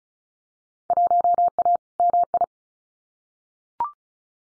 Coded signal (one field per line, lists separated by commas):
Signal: Morse code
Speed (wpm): 36 wpm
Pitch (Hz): 700 Hz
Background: none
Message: 1A MI